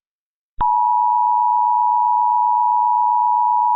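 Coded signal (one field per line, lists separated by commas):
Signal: Emergency Alert System (SAME) tones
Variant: 853 and 960 Hz attention tone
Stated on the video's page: Mock alert with valid SAME tones: tornado watch, local area emergency and civil emergency message, all of Texas.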